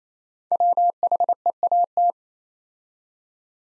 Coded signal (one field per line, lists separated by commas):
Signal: Morse code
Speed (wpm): 28 wpm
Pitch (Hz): 700 Hz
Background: none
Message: WHEAT